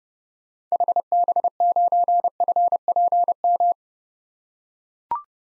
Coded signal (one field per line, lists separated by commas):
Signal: Morse code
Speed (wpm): 30 wpm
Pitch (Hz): 700 Hz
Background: none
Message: HB9FPM